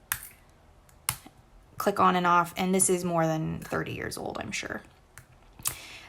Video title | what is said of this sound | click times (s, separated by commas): Cross Stitch Needles: How to choose the right needle | it's really secure you can hear it click on | 0.1 s